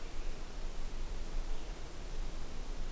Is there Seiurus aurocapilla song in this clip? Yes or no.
no